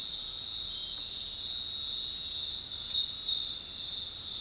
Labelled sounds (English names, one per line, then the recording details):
none
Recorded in dense forest near Puerto Asís, Putumayo, Colombia, on 21 February 2024 at 19:00
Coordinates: 0.500, -76.322
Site G6465